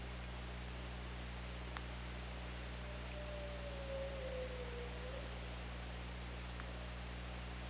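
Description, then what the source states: Killer whale call, a single faint tonal note held near steady then gently falling over about two seconds, over steady low underwater hum and hiss. Recorded on an OrcaLab hydrophone, underwater, on 24 August 2017 at 17:33.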